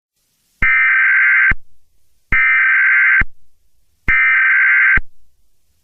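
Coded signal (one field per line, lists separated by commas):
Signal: Emergency Alert System (SAME) tones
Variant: header bursts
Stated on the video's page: Simulated ICBM alert test; not meant for on-air use.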